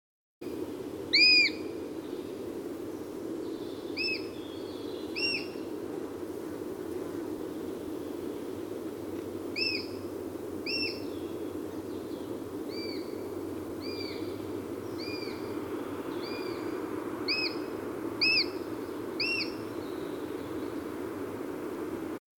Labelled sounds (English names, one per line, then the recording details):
Eurasian Sparrowhawk call
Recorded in the wild
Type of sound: call
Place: Leszno, Großpolen, PL
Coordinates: 51.842, 16.594
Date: 1987-07-20
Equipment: Nagra III BH, Sennheiser MD 21, parabola
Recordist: Schubert, Michael
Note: Sperber: Rufe von Ästlingen, sehr dichte, tiefe und hohe Rufe. Starker Wind